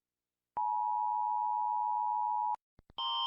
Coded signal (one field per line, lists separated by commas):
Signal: Emergency Alert System (SAME) tones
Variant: 853 and 960 Hz attention tone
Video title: Rating eas alarms cuz why not